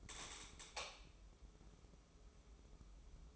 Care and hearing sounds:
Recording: daily activity, microphone in the room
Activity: light on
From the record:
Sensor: 1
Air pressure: 995.4 hPa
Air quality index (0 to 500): 27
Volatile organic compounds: 1 ppm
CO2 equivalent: 529 ppm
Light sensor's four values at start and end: 11/26/10/11 and 14/42/16/17

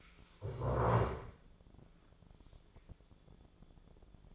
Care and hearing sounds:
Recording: daily activity, microphone in the room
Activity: stand up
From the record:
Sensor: 5

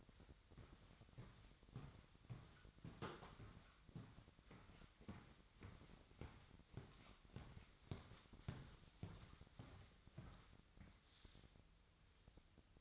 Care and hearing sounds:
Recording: daily activity, microphone in the room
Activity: walk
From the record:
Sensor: 3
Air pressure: 1001.6 hPa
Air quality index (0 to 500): 226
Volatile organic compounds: 32 ppm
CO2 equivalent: 2999 ppm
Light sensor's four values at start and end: 12/37/16/13 and 12/38/16/14

